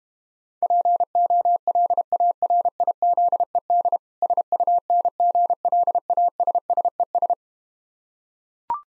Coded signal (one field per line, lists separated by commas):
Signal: Morse code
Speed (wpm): 32 wpm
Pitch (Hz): 700 Hz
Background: none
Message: POLARIZED SUNGLASSES